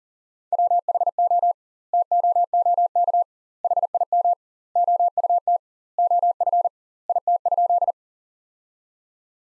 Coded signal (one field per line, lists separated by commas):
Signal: Morse code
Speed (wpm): 40 wpm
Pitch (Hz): 700 Hz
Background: none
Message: WHO TOOK HIM OUT OF IT?